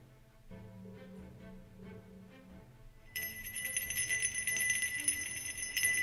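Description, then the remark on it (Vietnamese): Soft tonal sounds give way midway to a bright, sustained metallic jingling and ringing of bells and coins on shaking bamboo poles, with shimmering high tones that grow louder and persist to the end. “Tre được cắm ở xung quanh cũng rung lên bần bật, tiếng chuông và tiếng tiền xu leng keng như đang cảnh báo.”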